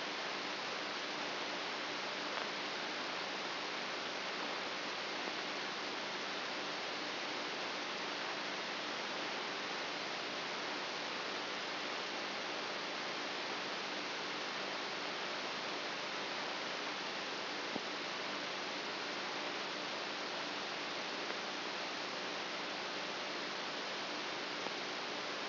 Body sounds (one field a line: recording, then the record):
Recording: brain microelectrode recording played as sound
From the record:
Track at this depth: inside the subthalamic nucleus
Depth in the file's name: 5.64 mm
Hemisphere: right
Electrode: 2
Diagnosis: Parkinson's disease